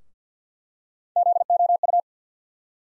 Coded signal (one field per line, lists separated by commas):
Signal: Morse code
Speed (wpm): 50 wpm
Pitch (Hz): 700 Hz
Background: none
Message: ZOU